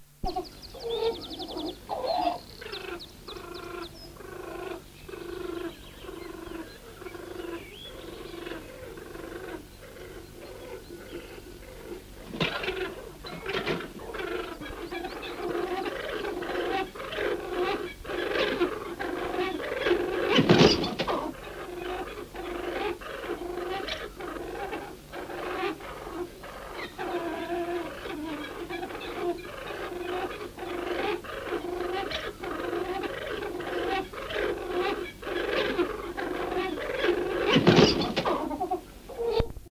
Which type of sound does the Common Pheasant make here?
call